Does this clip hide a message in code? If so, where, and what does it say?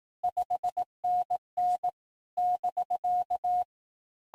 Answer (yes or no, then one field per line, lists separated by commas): yes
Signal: Morse code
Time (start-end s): 0.2-3.6 s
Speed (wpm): 18 wpm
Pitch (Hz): 720 Hz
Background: music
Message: 5NN <BK>